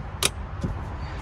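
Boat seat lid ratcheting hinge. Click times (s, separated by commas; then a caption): 0.2 s. The ratcheting hinge on a seat lid of a Malibu 23MXZ boat (N4777) is raised to its last position and snaps into its third detent with a sharp, bright click at 0.3 s. A softer low thump follows around 0.6 s over a steady low rumble. The lid is seated at the third stop.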